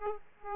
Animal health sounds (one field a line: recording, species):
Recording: mosquito wingbeat signal from an infrared sensor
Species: Aedes aegypti